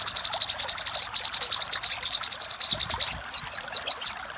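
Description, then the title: Little spiderhunter song: a steady stream of high, clipped notes repeated quickly, thinning into a few spaced chips near the end. Song used for training cage birds; song style named Labaik. "Masteran Burung Sogok Ontong Labaik"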